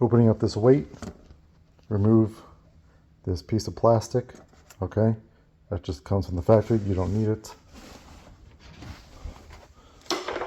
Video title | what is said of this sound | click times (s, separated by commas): Moen Arbor Motion sense Wave installation | and then that just snaps in like this and the clip locks in place right there | 10.1 s